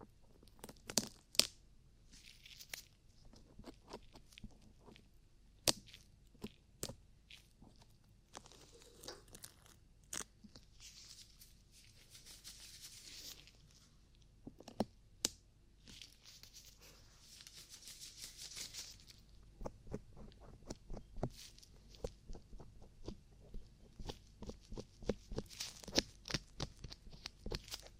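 Ear cleaning sounds: irregular clicks, taps and scratchy rubbing, with sharp crackles landing every second or so and denser flurries toward the end. Between them come soft hissing swishes around 12–13 and 18 seconds, over a faint low rumble.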